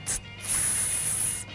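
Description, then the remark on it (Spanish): A voice imitates a beatbox cymbal using a T and an S sound: a short 'ts' burst followed by a longer, bright sustained hiss of breath, crisp and high-pitched, with no talking. “Vamos con el segundo, entonces, sonido, que es el platillo. El platillo se hace con una T y una S.”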